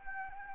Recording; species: mosquito wingbeat signal from an infrared sensor; Anopheles arabiensis